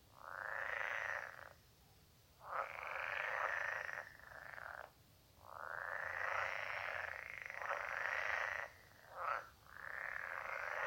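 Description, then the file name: Edible frogs in a rattling chorus, long buzzy croaks lasting one to three seconds with short pauses, plus a few brief quacking notes. "Pelophylax kl esculentus"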